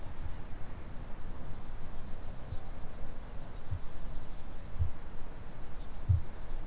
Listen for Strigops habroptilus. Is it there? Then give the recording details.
yes. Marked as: faintness 5/5, faintness 3/5. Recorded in New Zealand. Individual Stumpy